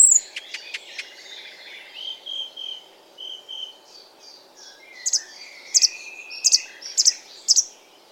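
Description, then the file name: Icterine warbler song: a few quick chirps, then drawn-out thin whistles and a series of evenly spaced sharp high notes. "Ruud van Beusekom - Zelenaya peresmeshka Hippolais icterina"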